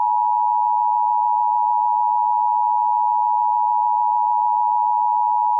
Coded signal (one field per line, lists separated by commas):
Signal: Emergency Alert System (SAME) tones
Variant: 853 and 960 Hz attention tone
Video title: EAS Scenario #12: Irish Republican Army Insurgency.